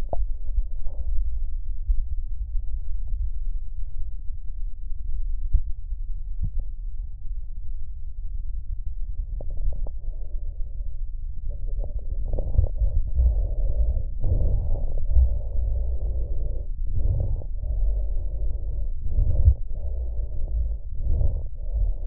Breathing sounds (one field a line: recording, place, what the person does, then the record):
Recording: lung sounds by stethoscope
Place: left posterior basal chest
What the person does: quiet breathing, then deep breathing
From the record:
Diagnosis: interstitial lung disease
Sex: male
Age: 82 years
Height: 158 cm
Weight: 49 kg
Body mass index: 19.6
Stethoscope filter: extended mode